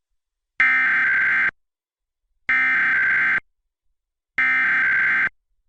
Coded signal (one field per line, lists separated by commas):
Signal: Emergency Alert System (SAME) tones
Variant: header bursts